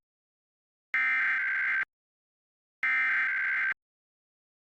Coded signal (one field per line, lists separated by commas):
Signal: Emergency Alert System (SAME) tones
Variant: header bursts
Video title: MeTV Toons EAS Test 3:43 AM (02-12-2025)